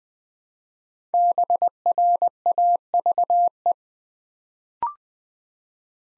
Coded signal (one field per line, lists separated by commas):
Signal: Morse code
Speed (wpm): 20 wpm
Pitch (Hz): 700 Hz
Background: none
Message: BRAVE